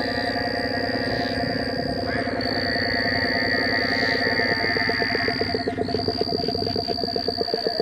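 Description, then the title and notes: Frog chorus with a long high steady tone, a mid-pitched drone, and a crisp rapid pulse train joining in the second half. Every sound is a frog or toad; recorded December 2017. "every sound you hear on this is a frog or a toad - Bill Austin = Toad Wrangler - recorded December 2017"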